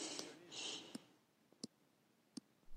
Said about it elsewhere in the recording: Put the mic over your chest. That's your mechanical valve. There is actually this little metal valve in my heart now, opening and closing every heartbeat.